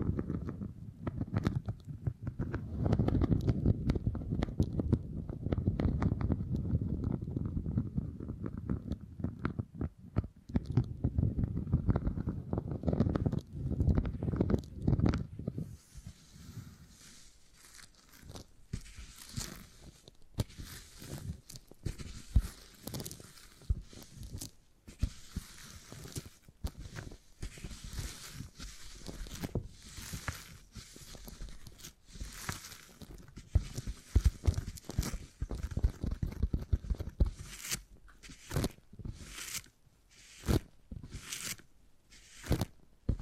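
Beeswax being handled and worked. For the first fifteen seconds it is a dense, low, rumbling squish of kneading and pressing. After that it turns into sparse, crisp crackles and sharp taps at irregular intervals, ending in a quicker run of bright clicks.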